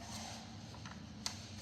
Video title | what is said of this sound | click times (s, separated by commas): Why Your Freelander is Smoking (and How to Fix It) | Let's get it under there. Clicks back in. | 1.3 s